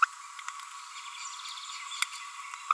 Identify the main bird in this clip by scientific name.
Forpus passerinus